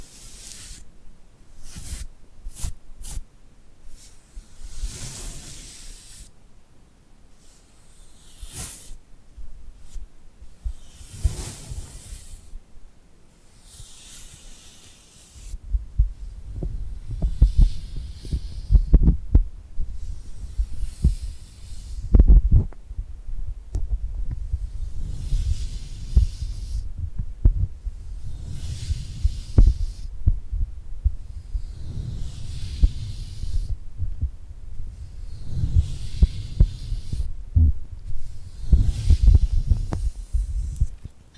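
Sticky, tingly hand sounds: glued palms pulling apart with crackly peeling bursts, irregular in the first fifteen seconds. After that the sound turns to heavier, regular low thumps and rubbing every few seconds, with hissy peels riding on top.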